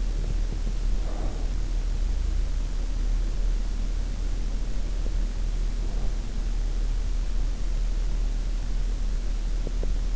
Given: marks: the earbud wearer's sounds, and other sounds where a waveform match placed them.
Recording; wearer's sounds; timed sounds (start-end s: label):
sounds in sleep by an in-ear microphone; breath, teeth grinding
0.00-1.52 s: breath
9.45-10.16 s: teeth grinding